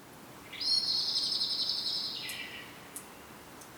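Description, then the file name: Common blackbird calling once: a single long, harsh, buzzy call that starts high and drops lower toward its end, followed by a faint click. "Turdus merula"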